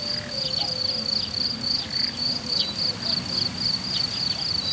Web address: allathangok termeszetben tucsok professzionalis 2014 idilli balmikrofonraraszallorovar hortobagy